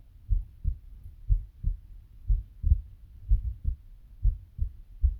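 Deep, muffled paired thumps repeat steadily at about 60 beats a minute, each beat a lub followed closely by a softer dub. It is a regular adult heartbeat with no other sounds in the background.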